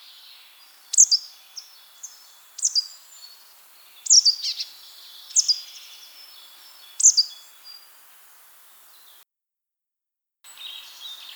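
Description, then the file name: Great tit calls: sharp, high descending notes given in short clusters about every one to two seconds, with faint quieter chatter and a brief silent gap near the end. "Parus major"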